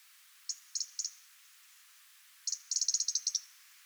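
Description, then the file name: European robin calls: a few separate sharp high ticks, then a fast rattling series of about ten clicks near the end. "Erithacus rubecula"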